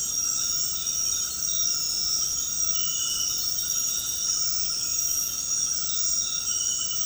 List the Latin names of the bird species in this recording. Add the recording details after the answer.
none. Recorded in secondary vegetation near Puerto Asís, Putumayo, Colombia, on 19 February 2024 at 22:30. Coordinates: 0.468, -76.324. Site G6381